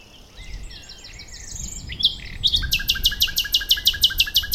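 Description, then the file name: Common nightingale song: quiet slurred notes give way to a loud series of rhythmic buzzy notes repeated in quick succession. "Luscinia megarhynchos"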